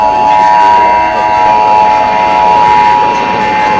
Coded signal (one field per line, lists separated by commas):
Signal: Emergency Alert System (SAME) tones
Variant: 853 and 960 Hz attention tone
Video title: 64 emergency alert systems #2